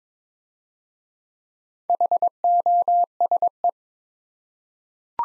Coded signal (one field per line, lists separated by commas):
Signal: Morse code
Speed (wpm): 22 wpm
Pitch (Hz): 700 Hz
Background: none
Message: HOSE